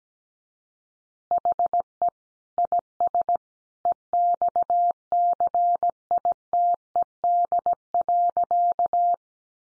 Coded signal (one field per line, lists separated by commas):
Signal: Morse code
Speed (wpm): 17 wpm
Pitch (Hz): 700 Hz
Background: none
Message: HE IS EXCITED.